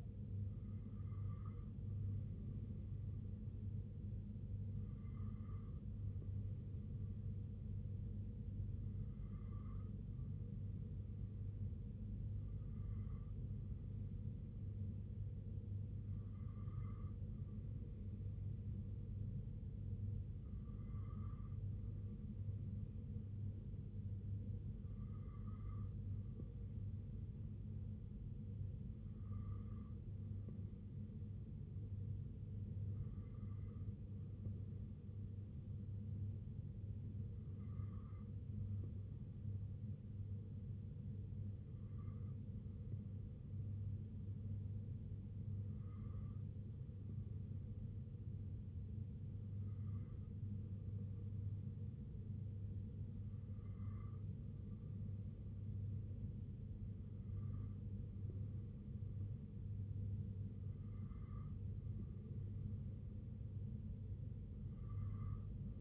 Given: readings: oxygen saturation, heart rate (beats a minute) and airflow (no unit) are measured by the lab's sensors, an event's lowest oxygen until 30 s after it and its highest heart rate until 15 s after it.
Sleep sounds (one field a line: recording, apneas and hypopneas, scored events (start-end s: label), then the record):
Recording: breathing in sleep by a smartphone at the bedside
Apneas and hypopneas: none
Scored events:
none scored
From the record:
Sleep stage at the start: N2 (light sleep)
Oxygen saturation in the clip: 93 to 95%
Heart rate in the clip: 62 to 67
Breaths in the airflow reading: 17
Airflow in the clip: -2.7 to 1.7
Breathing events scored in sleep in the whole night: 258 in 7.4 hours asleep